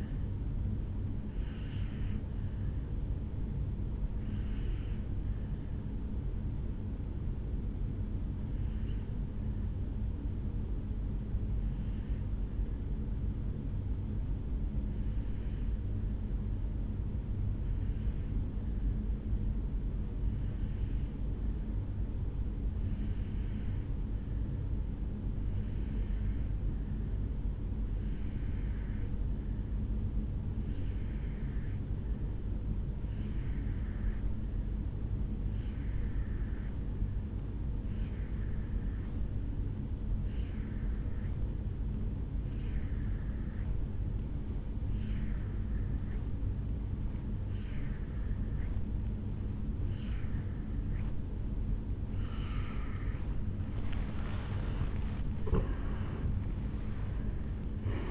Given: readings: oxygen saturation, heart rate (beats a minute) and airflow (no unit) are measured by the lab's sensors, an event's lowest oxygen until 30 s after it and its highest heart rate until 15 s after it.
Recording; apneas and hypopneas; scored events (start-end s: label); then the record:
breathing in sleep by a smartphone at the bedside; 1
3.00-53.40 s: obstructive apnea (N1, oxygen 96% highest, then 83% lowest, heart rate 65 at the start, 77 highest)
15.00-45.00 s: new sleep stage, N2 (light sleep)
45.00-58.11 s: new sleep stage, N1 (lightest sleep)
From the record:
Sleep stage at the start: N1 (lightest sleep); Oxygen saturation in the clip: 84 to 96%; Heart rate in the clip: 56 to 76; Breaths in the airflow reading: 3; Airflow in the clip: -12.7 to 8.5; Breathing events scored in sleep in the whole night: 449 in 7.0 hours asleep